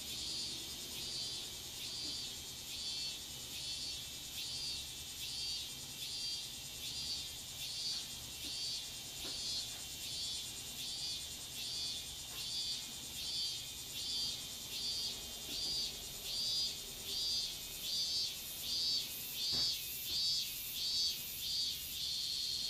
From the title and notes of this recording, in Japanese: 洗濯機が止まるまで庭を録ってみた。中盤あたりから騒がしくなります(セミのせい)。